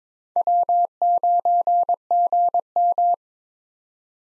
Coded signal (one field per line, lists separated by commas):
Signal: Morse code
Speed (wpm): 22 wpm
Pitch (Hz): 700 Hz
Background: none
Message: W9GM